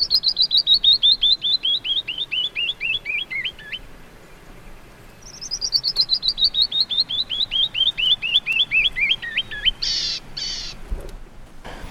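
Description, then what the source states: Canyon Wren song: two cascades of clear whistled notes, each series descending steadily in pitch and ending in lower notes, followed by a few brief sharp sounds. Tape recording of the song, described as a cascade of sweet liquid notes like the spray of a waterfall in sunshine.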